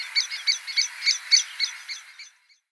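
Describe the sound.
Eurasian blackbird song, a chattering run of high squeaky twittered notes that fades out after about two seconds.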